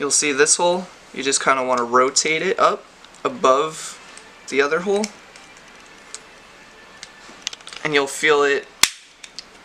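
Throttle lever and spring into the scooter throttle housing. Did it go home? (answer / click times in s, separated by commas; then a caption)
yes / 8.8 s. Someone talks while hooking the spring leg of a spring-loaded throttle lever into the throttle housing of a Xiaomi M365 scooter and rotating the part until its hole sits above the other hole, with a few faint ticks along the way. At 8.8 s the part locks into place with a single sharp snap, showing it has seated.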